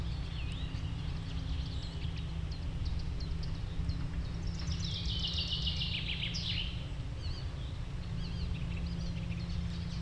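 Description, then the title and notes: Common Nightingale song: one loud, fast burst of repeated notes, among faint chirps of other birds and constant low rumbling noise. Sung alongside other birds at a promenade in Westlicher Düppeler Forst, Germany. "Westlicher Düppeler Forst, Germany - nachtigall und andere voegel. a nightingale and other birds at the promenade"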